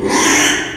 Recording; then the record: squeal of a Yucatan mini pig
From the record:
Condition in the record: after surgery on the right vocal fold (resection and tissue-engineered implant); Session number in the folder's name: 3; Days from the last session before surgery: 33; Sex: male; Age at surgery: 12 weeks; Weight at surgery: 13 kg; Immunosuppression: cyclosporine, prednisolone